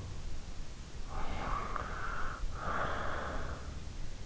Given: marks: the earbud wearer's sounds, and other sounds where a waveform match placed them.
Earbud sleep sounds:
sounds in sleep by an in-ear microphone; breath
0.66-3.98 s: breath

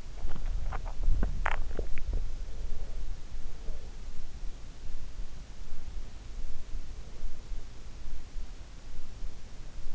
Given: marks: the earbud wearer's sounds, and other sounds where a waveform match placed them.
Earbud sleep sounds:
sounds in sleep by an in-ear microphone; swallowing, breath
0.00-2.46 s: swallowing
2.23-4.15 s: breath

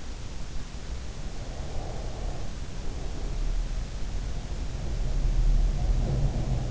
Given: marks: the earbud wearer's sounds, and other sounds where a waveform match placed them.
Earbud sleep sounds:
sounds in sleep by an in-ear microphone; breath
1.14-3.89 s: breath
4.11-6.71 s: sound from someone else or the room

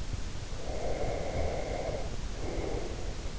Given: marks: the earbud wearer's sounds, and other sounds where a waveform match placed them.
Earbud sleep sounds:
sounds in sleep by an in-ear microphone; breath
0.35-3.26 s: breath

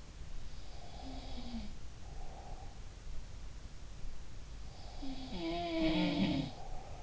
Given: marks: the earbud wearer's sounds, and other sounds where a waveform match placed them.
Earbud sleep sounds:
sounds in sleep by an in-ear microphone; breath
0.65-2.79 s: breath
0.88-1.88 s: sound from someone else or the room
5.00-6.61 s: sound from someone else or the room

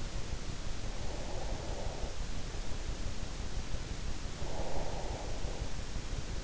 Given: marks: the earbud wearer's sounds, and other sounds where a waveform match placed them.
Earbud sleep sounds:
sounds in sleep by an in-ear microphone; breath
1.10-2.49 s: breath
4.33-5.69 s: breath

